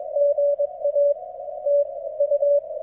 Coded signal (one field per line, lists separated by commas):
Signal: Morse code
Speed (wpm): 22 wpm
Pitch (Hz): 580 Hz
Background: none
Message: GA TU